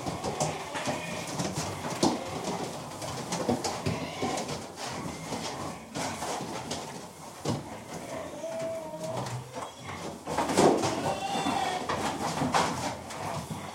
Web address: in bungalows special fattening pens in number some older pigs in background